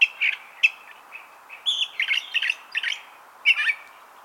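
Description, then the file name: California thrasher song: a run of varied, scratchy and slurred phrases in quick succession, some notes sharp and clipped, others warbled, with short pauses between. "Toxostoma redivivum - California Thrasher"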